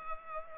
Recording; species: mosquito wingbeat signal from an infrared sensor; Culex pipiens